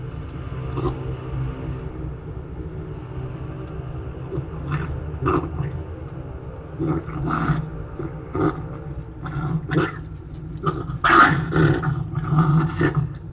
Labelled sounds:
Red Fox (Vulpes vulpes)

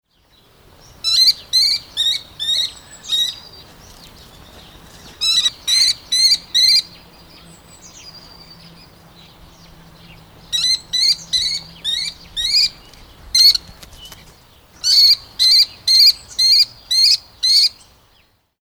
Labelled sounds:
Mauritius Kestrel (Falco punctatus)

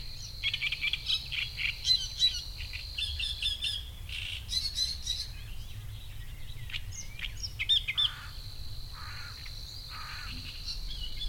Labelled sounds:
Great Reed Warbler (Acrocephalus arundinaceus)

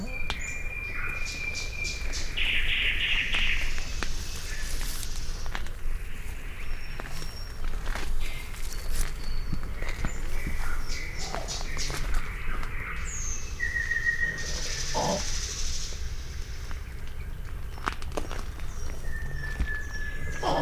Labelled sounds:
Eurasian Beaver (Castor fiber) call

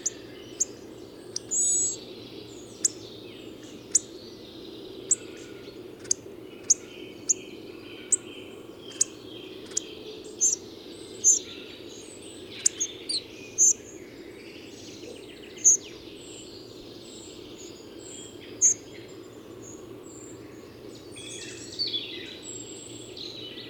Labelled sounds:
Hawfinch (Coccothraustes coccothraustes)

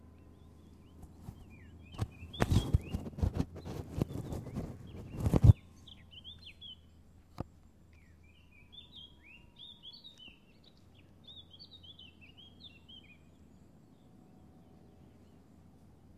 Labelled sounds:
Eurasian Blackcap (Sylvia atricapilla) song

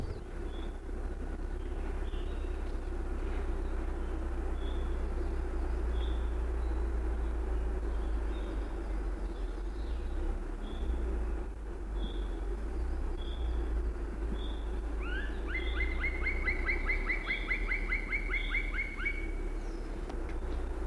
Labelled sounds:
Black Woodpecker (Dryocopus martius) call

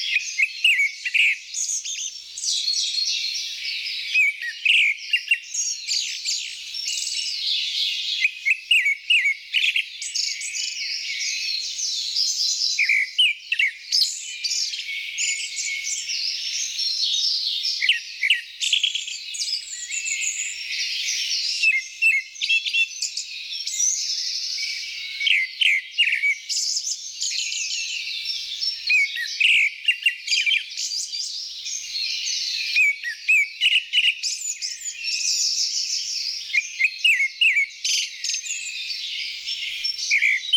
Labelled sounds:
Grey-backed Thrush (Turdus hortulorum) song

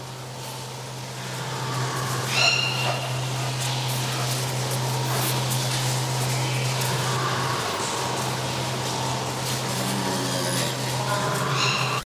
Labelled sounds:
Tiger (Panthera tigris) call

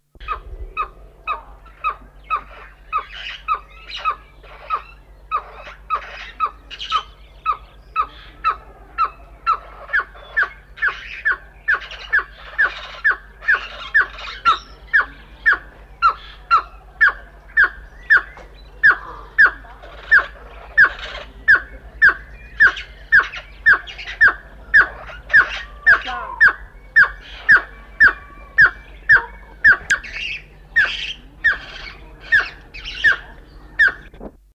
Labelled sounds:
Cheer Pheasant (Catreus wallichii) call

